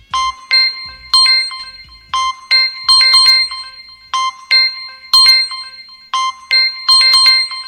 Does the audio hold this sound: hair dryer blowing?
no